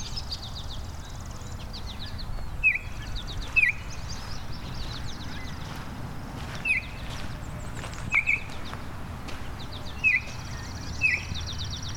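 Baltimore Oriole song: short slurred whistled notes given singly or in pairs every one to three seconds, over chattering birds, a thin high buzzy trill and steady low rumble.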